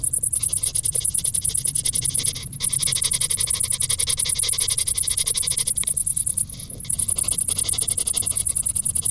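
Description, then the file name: Cricket chirping, a rapid high pulsing sound over a low background rumble. "Grillen"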